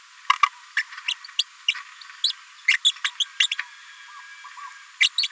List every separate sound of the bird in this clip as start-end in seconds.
0.77-0.82, 1.08-1.13, 1.39-1.43, 1.68-1.73, 2.24-2.32, 2.68-2.77, 2.85-2.91, 3.04-3.10, 3.20-3.25, 3.40-3.47, 3.51-3.54, 5.00-5.08, 5.18-5.28